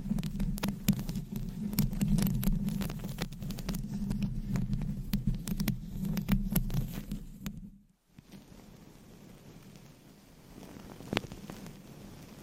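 Scratching and tapping on a microphone with long nails fills the first half, a dense low rumbling rub with quick sharp clicks scattered throughout. Near the eight-second mark it cuts to near silence, then resumes much quieter with a single crisp tap around eleven seconds.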